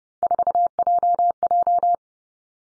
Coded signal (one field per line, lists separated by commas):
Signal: Morse code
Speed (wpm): 30 wpm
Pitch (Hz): 700 Hz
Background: none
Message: 4JJ